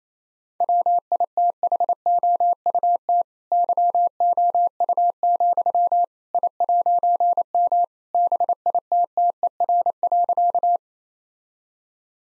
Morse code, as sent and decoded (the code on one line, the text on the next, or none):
.-- .. - .... --- ..- - / -.-- --- ..- --..-- / .. .----. -- / -... .. - - . .-. .-.-.-
WITHOUT YOU, I'M BITTER.